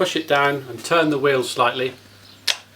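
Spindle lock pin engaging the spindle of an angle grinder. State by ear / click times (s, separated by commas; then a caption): seated / 2.5 s. Someone talks while holding down the gearbox locking button on a 580-watt Hitachi G12SS angle grinder and turning the disc slightly. At 2.5 s, a short sharp click is heard as the lock pin drops into the spindle. The spindle is now locked, ready for undoing the centre nut.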